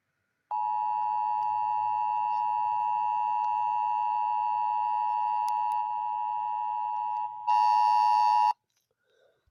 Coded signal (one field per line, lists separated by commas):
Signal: Emergency Alert System (SAME) tones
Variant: 853 and 960 Hz attention tone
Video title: EAS Scenario #4 Robert the Shark error Part 1 (With Sirens)